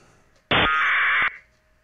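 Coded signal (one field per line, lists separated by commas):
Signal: packet radio (AX.25, as in APRS)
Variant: 1200 baud AFSK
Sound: one short harsh warbling data burst under a second, after a squelch pop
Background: radio static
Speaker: you might have to play with your gain in your ppm on your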